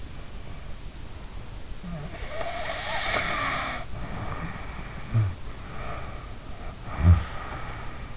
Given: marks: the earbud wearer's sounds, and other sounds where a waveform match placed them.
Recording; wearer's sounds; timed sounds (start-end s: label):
sounds in sleep by an in-ear microphone; snoring breath
1.87-5.41 s: snoring breath
5.49-8.17 s: snoring breath